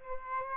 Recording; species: mosquito wingbeat signal from an infrared sensor; Aedes albopictus